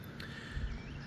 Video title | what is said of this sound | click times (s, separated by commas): Excalibur's NEW Hybrid-X in the Kingdom of Bunjie! | Snap in place. Yep. Nice. | 0.2 s